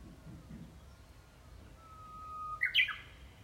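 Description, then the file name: Japanese bush warbler song, fairly faint: a low drawn-out whistle that swells, then a short burst of sharper ringing notes near the end, over soft background hiss. "ウグイス"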